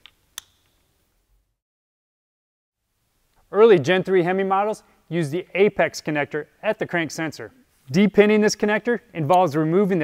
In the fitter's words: and install the tpa you can then install the por to the front of the connector and lock in place